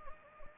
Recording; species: mosquito wingbeat signal from an infrared sensor; Anopheles gambiae